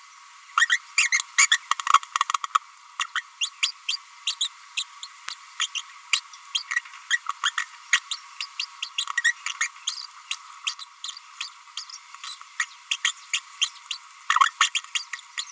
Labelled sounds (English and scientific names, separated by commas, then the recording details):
Green-rumped Parrotlet (Forpus passerinus) babbling
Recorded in a nest box in Venezuela
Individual 18B25A3